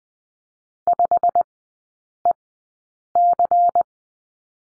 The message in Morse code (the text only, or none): 5EC